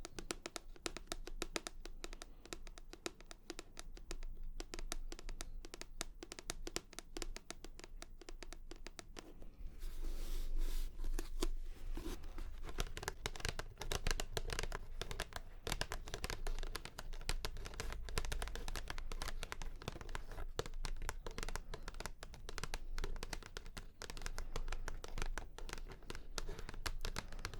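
Rapid, dense tapping runs through the whole clip as a stream of sharp, bright clicks. Near the ten-second mark it grows louder, with a brief rushing burst and a steady low rumble underneath that continues to the end.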